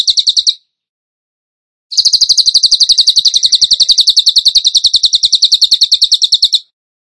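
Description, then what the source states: Bird song: a brief run of rapid high notes, a pause, then a long steady burst of quick, sharp repeated notes lasting nearly five seconds. Masteran training recording; song in the tembakan gacor style.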